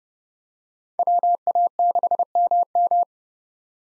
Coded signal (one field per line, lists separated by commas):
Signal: Morse code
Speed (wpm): 30 wpm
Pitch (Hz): 700 Hz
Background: none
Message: WA6MM